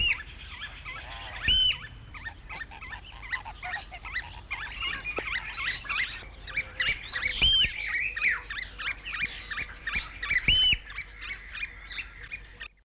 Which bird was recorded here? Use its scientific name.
Haematopus ostralegus